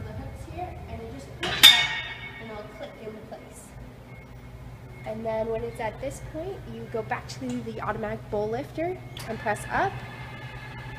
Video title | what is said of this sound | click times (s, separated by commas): Hobart Legacy 80-Quart Mixer Equipment Demo | you're going to line it up onto the hooks here and it just p and it'll click in place | 1.4 s